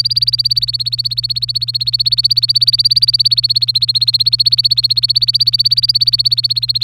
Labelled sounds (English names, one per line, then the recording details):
Domestic Canary song
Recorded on 24 April 2018 at 17:12
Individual llb3